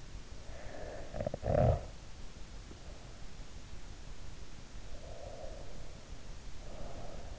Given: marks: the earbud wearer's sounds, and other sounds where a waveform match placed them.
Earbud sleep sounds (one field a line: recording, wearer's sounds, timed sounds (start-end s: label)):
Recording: sounds in sleep by an in-ear microphone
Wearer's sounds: snoring breath, breath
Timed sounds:
0.38-2.72 s: snoring breath
4.38-7.39 s: breath